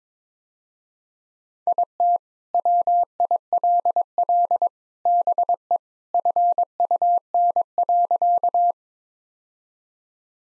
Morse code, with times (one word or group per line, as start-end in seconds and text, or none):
1.7-2.2 IT
2.5-4.7 WILL
5.1-5.8 BE
6.1-8.7 FUN.